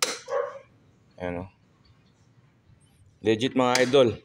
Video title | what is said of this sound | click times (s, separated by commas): legit moto footrest click 125 V2 part2 Ganda Ng quality 👍👍👍 | rinig mo yung click niya Ayan | 0.0 s